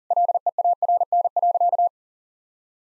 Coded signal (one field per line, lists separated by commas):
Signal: Morse code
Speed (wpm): 40 wpm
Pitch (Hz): 700 Hz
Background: none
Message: LEARN.